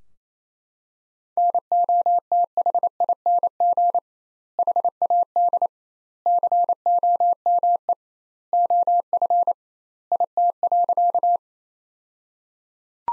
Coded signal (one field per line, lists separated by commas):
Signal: Morse code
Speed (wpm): 27 wpm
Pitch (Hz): 700 Hz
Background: none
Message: NOTHING HAD COME OF IT.